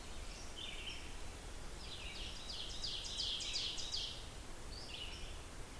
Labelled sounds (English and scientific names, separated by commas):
Ovenbird (Seiurus aurocapilla) song